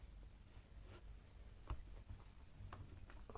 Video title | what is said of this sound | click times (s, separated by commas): Comment faire "Nelly" l'abeille | faut bien entendre le clic voilà voilà | 2.7 s